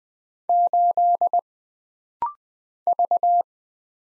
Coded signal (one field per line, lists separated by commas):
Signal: Morse code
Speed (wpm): 20 wpm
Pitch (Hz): 700 Hz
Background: none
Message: 8 V